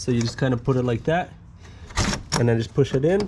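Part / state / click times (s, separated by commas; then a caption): headlight unit into the car's headlight mount / not seated / none. Someone talks while a xenon headlight unit for a Volvo P3 (being fitted with 6000k bulbs) is set into the car's headlight mount with its metal tabs toward the car and pushed in. A brief broad rustling noise is heard around 2.0 s between the speech. Nothing has seated or clicked yet.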